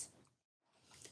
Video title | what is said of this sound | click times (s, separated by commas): How to Use Vonforn Paint Sprayer - The Best Beginner's Paint Sprayer! | and it clicks did you hear that | 1.0 s